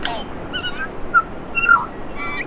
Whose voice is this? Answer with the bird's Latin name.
Anthornis melanura